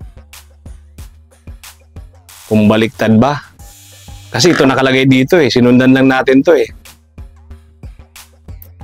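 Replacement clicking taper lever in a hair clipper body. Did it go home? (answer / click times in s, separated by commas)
no / none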